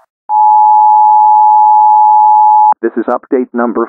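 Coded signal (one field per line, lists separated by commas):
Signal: Emergency Alert System (SAME) tones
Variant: 853 and 960 Hz attention tone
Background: speech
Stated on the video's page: Made-up radio emergency alert for a hypothetical nuclear meltdown, partly real scripts, partly invented.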